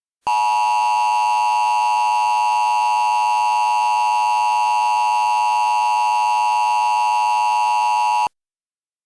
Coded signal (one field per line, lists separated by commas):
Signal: Emergency Alert System (SAME) tones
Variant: 853 and 960 Hz attention tone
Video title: EAS Mock Up #9 - I Got Kal